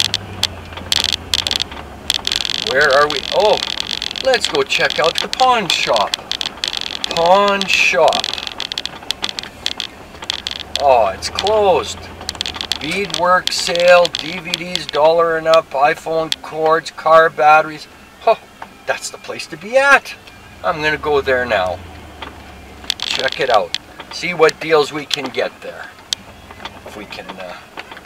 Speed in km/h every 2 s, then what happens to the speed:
21, 19, 15, 13, 11, 14, 12, 10, 8, 6, 1, 10, 5, 6.
0-7 slows to 11. 7-28 steady at about 8.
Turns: 3-10.